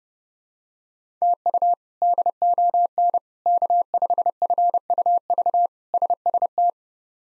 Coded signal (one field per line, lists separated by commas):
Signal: Morse code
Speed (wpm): 30 wpm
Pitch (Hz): 700 Hz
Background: none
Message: TU DON K5FUV SST